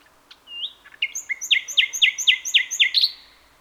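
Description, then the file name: Common nightingale song: a short whistle, then a steady run of sharp repeated notes at a quick, regular pace. "Luscinia megarhynchos"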